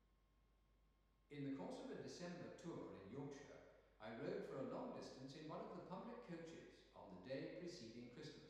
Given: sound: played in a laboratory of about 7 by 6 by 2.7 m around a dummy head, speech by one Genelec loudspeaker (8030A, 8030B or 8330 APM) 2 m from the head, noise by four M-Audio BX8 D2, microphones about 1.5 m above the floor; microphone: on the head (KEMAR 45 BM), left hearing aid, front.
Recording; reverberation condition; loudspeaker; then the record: male speech in English; high; behind (180 degrees)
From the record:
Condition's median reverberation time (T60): about 1300 ms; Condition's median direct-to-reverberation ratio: about -4.0 dB